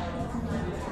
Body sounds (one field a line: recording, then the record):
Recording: background sound without coughing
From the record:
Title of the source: 60 minutes of coffee shop sounds for study and concentration